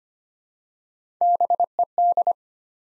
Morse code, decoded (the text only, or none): BED